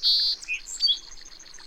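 Bird song fragment: a loud buzzy burst, a brief lower note, a sharp squeaky note, then a faint series of repeated high notes fading away.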